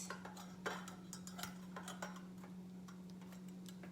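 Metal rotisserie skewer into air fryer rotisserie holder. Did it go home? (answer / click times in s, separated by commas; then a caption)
no / none. A metal rotisserie skewer with sausage on it is handled at an air fryer rotisserie holder, where one end goes into a hole and the other side is pressed to snap into place. Light metallic clinks and ticks are heard over a steady low hum. Nothing has seated or clicked yet.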